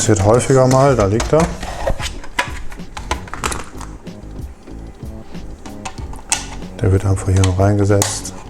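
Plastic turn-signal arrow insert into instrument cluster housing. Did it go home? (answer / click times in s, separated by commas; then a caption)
no / none. A small plastic turn-signal arrow insert that had fallen out of a VW instrument cluster housing is handled and positioned to be pressed back into its seat, where it simply sets in and latches. Someone talks while sharp plastic taps and clicks sound around 2.4, 3.1, 3.3, 3.5, 5.9 and 6.3 seconds. Nothing has seated or clicked into place yet by the end of the clip.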